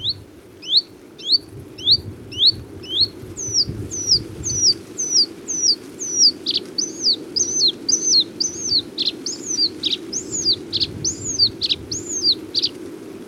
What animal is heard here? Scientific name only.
Luscinia svecica